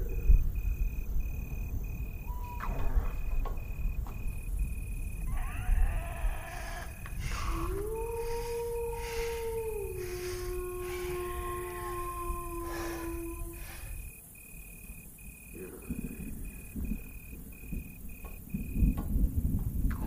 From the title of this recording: lost in the dark village Asmr ambience